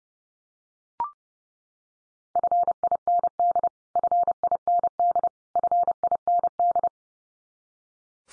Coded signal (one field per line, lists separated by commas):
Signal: Morse code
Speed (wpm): 28 wpm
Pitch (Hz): 700 Hz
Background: none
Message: FIND FIND FIND